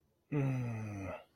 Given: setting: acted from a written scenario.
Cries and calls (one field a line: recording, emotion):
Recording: vocal sound without words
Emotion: contentment